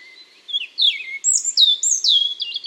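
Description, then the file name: European robin singing a brief phrase of clear, liquid whistles, some swooping high then dropping, delivered in quick separate notes. "Erithacus rubecula"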